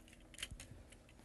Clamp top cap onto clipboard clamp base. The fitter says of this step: and when I place the tops on these should feel them snap into place and you can even hear them